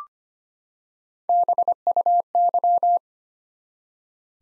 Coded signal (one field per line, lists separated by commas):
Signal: Morse code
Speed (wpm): 25 wpm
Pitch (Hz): 700 Hz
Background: none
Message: BUY